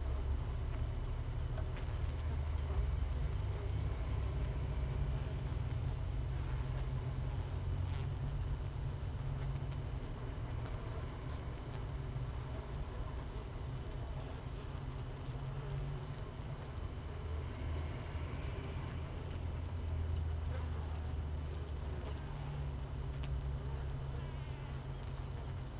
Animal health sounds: honeybee colony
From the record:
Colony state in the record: missing queen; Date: 31 May 2018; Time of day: 6:17

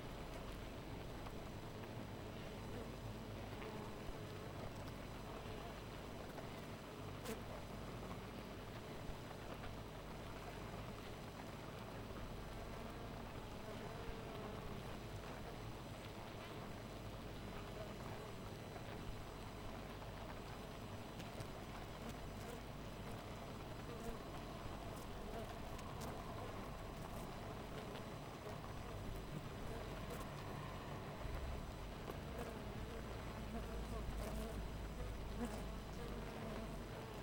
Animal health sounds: honeybee colony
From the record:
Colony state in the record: missing queen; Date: 14 July 2017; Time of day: 4:22

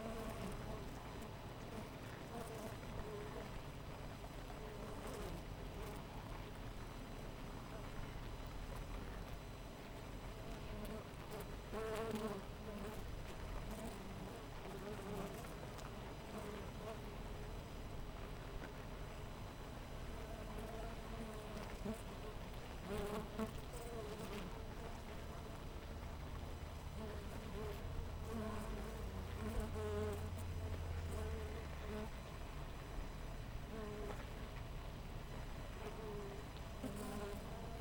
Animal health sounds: honeybee colony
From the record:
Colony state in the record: missing queen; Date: 14 July 2017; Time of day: 6:41

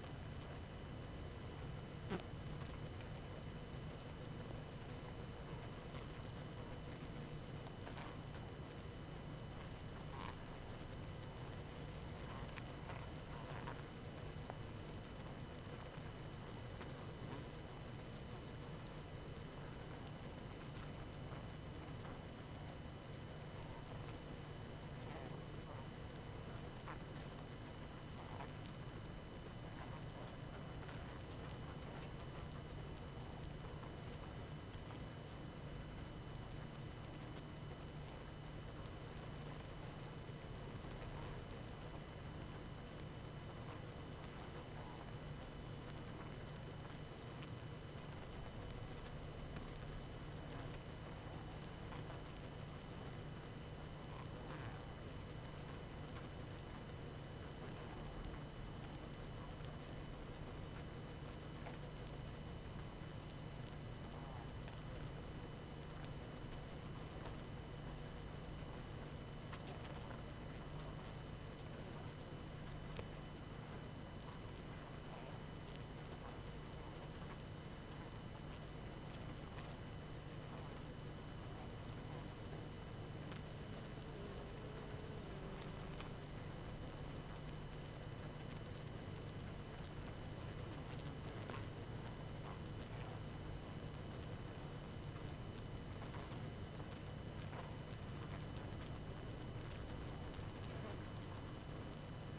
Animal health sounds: honeybee colony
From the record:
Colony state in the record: active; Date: 12 June 2018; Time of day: 20:04

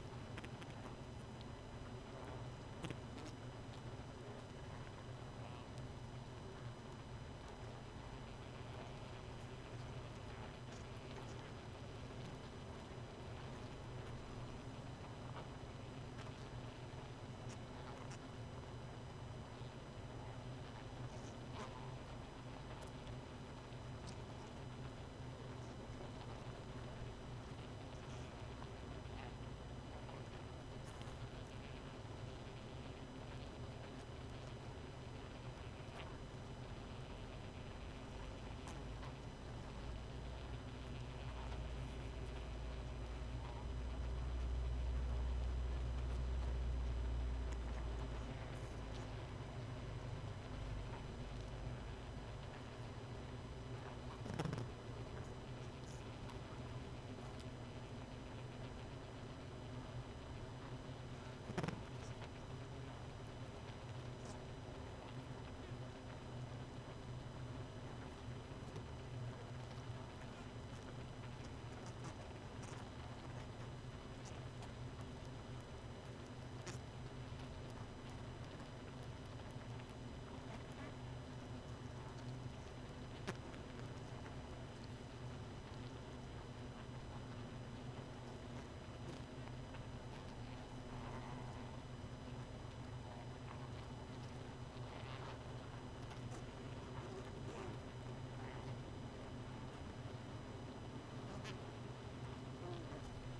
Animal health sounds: honeybee colony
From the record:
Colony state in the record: missing queen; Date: 31 May 2018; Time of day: 1:30

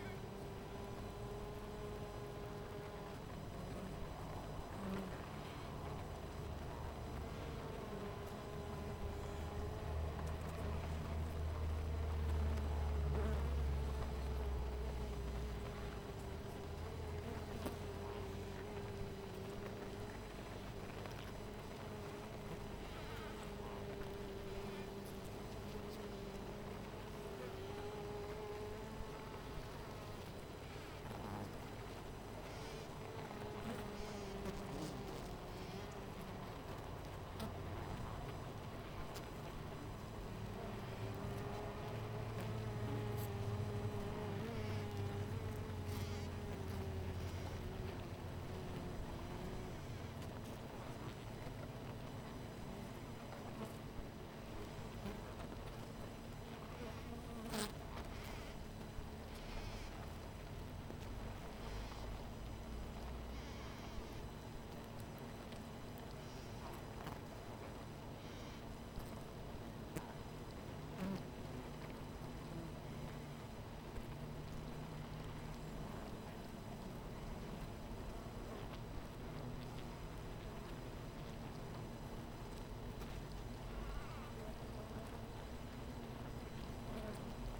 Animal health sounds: honeybee colony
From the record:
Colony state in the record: missing queen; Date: 14 July 2017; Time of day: 13:18

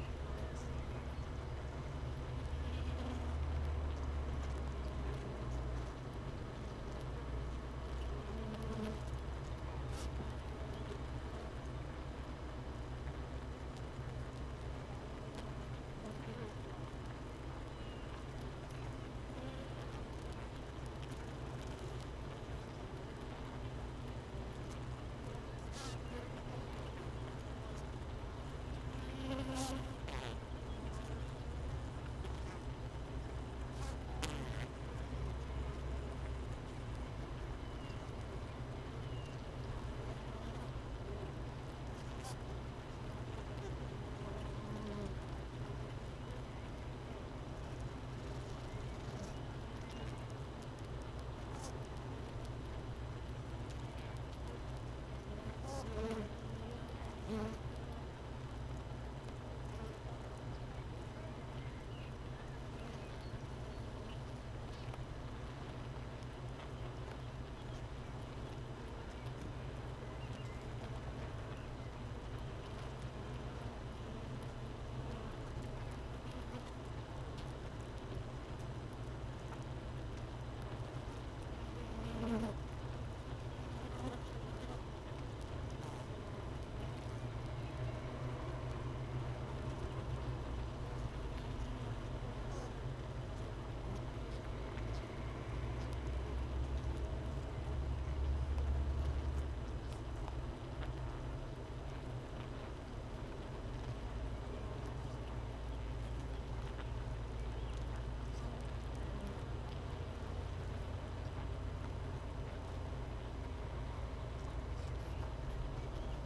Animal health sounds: honeybee colony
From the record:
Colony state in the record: missing queen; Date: 31 May 2018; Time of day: 13:42

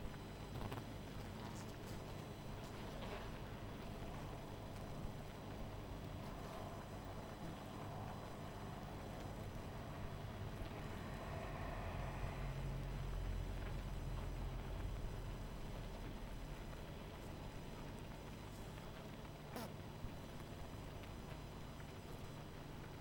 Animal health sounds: honeybee colony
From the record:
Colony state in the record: missing queen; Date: 14 July 2017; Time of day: 19:34

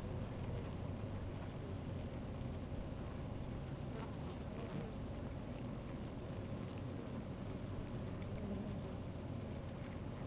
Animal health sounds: honeybee colony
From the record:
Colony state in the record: active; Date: 28 July 2017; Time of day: 12:40

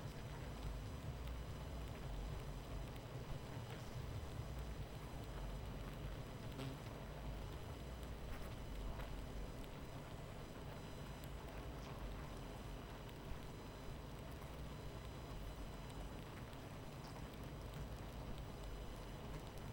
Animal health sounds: honeybee colony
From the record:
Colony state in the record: missing queen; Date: 14 July 2017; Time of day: 23:32

